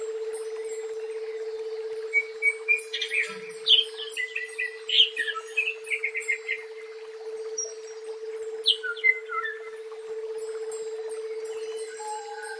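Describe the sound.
Leafbird song in short bursts of varied chirps and whistles separated by quiet gaps, with a steady low hum throughout.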